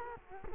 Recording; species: mosquito wingbeat signal from an infrared sensor; Culex quinquefasciatus